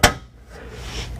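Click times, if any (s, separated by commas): 0.0 s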